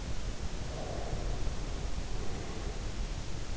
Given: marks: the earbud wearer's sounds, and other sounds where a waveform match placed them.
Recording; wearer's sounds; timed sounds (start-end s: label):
sounds in sleep by an in-ear microphone; breath
0.53-3.33 s: breath